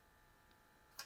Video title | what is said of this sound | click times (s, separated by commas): Aldi Beer Dispenser . An in depth review with tips and tricks . Please watch till the end 👍🏻😃 | it twists and locks into place. So that's that, and then | 1.0 s